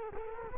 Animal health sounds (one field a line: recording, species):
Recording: mosquito wingbeat signal from an infrared sensor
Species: Culex quinquefasciatus